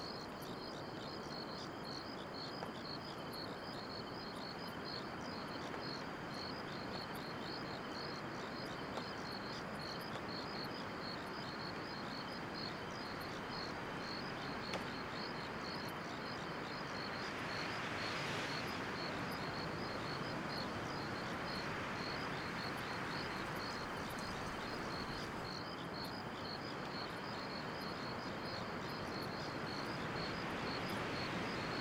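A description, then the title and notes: Crickets trill in a steady, dense pulsing chorus from the long grass on a country evening, while a faint vehicle swells past around eighteen seconds. Long Grass and Country Evenings - 1 Hour Sleep Sounds and White Noise.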